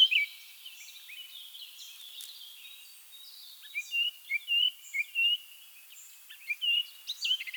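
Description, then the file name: Eurasian blackcap song: soft scratchy warbling followed by repeated clear short whistled notes. "Sylvia atricapilla"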